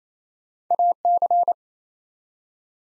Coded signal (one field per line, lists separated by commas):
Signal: Morse code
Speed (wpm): 28 wpm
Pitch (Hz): 700 Hz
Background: none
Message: AC